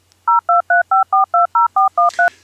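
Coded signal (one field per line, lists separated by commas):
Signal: DTMF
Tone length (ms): 150 ms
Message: 0235420413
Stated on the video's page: Vintage S63 telephone made into a birthday jukebox with Arduino Nano and DFPlayer Mini.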